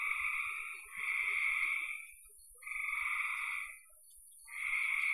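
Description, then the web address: Frogs giving rasping trills in bursts of one to two seconds, separated by brief pauses, with faint low knocks underneath. "cn frogs"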